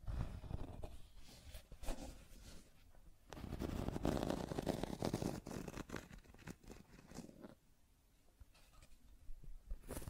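Scratching and tracing sounds run nearly the whole ten seconds, a dense rough rasp broken by sharp strokes and clicks every fraction of a second. The scraping is heaviest and lowest from about three to six seconds, then thins into lighter, brighter strokes before building again near the end.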